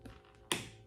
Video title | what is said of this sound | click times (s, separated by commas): Shoei RF-1400 Review | okay so it's got a nice click um | 0.5 s